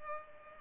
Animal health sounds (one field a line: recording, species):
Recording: mosquito wingbeat signal from an infrared sensor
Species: Culex pipiens